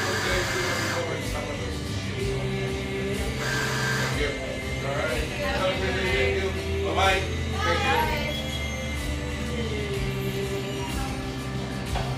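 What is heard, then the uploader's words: Café sounds from a little drip coffee joint in eastern Seattle: overlapping voices chatter steadily throughout, with a low constant hum underneath. Brief brighter clinks and rising tones stand out around the middle, near five to eight seconds, above the even murmur. Café sounds from a little drip coffee joint in eastern Seattle.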